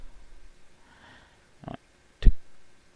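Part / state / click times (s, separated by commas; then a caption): connecting rod bolt on engine crankshaft, click-type torque wrench / torque reached / 2.2 s. A click-type torque wrench retightens a connecting rod cap bolt on the crankshaft of a 1997 Chevy Cavalier engine after the bolt was backed off. A quiet low rumble and a pair of short taps near 1.7 s come before a sharp click at 2.2 s, when the wrench snaps over at about 40 ft-lb.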